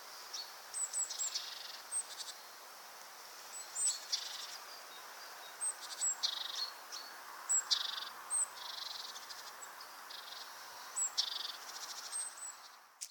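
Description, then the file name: Great tit calls: thin, very high notes and short buzzy bursts scattered every second or two, over a steady soft hiss. "Parus major"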